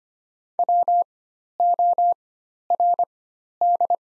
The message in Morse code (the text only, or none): WORD